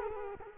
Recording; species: mosquito wingbeat signal from an infrared sensor; Culex quinquefasciatus